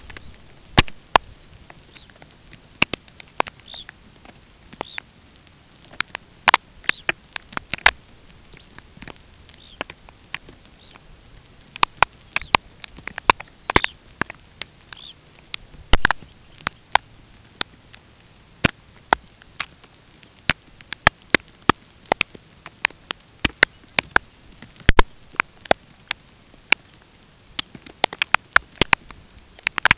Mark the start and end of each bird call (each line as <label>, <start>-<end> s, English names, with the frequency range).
Red Phalarope (2.7-4.5 kHz), 1.76-2.19 s
Red Phalarope (2.6-4.4 kHz), 3.52-3.96 s
Red Phalarope (2.8-4.7 kHz), 4.71-5.04 s
Red Phalarope (2.7-4.5 kHz), 6.76-7.07 s
Red Phalarope (3.8-5.1 kHz), 8.39-8.71 s
Red Phalarope (2.7-4.2 kHz), 9.48-9.86 s
Red Phalarope (2.6-4.4 kHz), 10.61-11.10 s
Red Phalarope (2.8-4.6 kHz), 12.19-12.60 s
Red Phalarope (2.7-4.5 kHz), 13.62-13.99 s
Red Phalarope (2.5-4.2 kHz), 14.79-15.21 s